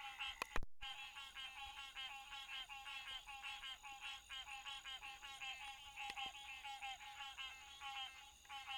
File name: 6 28 09 9 04 PM frogs